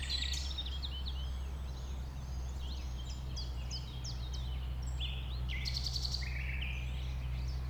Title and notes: Un Rossignol Envers Et Contre Tout. un rossignol venu avec quelques autres s'installer sur les rives d'un ruisseau formant un étang à 1500 mètres de l'A 20. Ces moments ont été enregistrés vers 8h le dimanche 12 avril